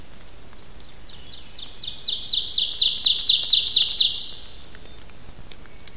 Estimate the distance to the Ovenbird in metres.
about 20 m